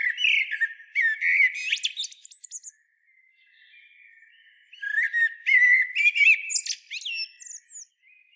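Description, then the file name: Common blackbird song: two mellow fluted phrases, each ending in a squeaky high twitter, separated by a quiet pause of about two seconds. "Turdus merula"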